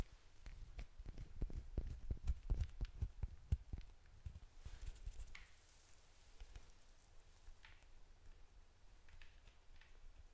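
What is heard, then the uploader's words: Dry tapping comes in quick irregular clusters during the first four seconds, each tap a soft low thump with a small click. After that the taps thin out and a few brighter scratchy brushing sounds drift in over a quiet hiss. ASMR Tapping Scratching Touching.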